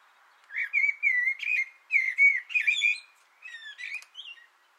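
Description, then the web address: Common blackbird song, a rich run of low fluted whistles flowing into thin, high, squeaky notes. Singing from an antenna, 6 June 2025. "sammel Naturinspelningar Koltrast på antennen 2025 06 06"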